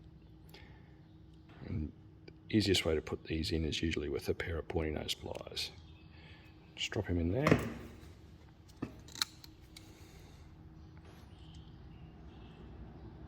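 A green plastic locking wedge is dropped into a Deutsch plug housing with a pair of pointy nose pliers and pushed toward the plug face while someone talks, with a few faint handling taps and a sharp tick around 9.2 seconds. The clip ends before the wedge goes home, so nothing has seated or clicked yet.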